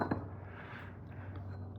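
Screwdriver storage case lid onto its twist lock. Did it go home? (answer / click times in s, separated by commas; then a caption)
no / none. The storage case lid of a HOTO 3.6V rechargeable cordless electric screwdriver set (USB-C, 3 torque settings) is slipped over its twist lock, positioned before being turned a quarter turn clockwise to lock. Small handling knocks land at about 0.0, 0.1 and 1.8 s over a steady low hum. Nothing has locked or clicked yet.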